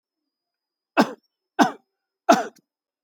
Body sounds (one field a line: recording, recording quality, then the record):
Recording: heavy voluntary cough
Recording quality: excellent, no background noise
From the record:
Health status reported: healthy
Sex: male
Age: 35 years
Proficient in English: yes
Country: India